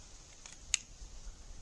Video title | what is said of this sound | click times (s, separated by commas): Self Defense / Home Defense Firearms Basics for Women and Beginners | release you push the little button clip will come out | 0.5 s, 0.7 s